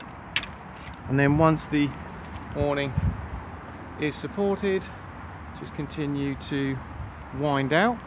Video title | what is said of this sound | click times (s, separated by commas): 49327 Auto-Trail 2015 Tracker FB outside handover | the height that you require and lock into place. | 0.4 s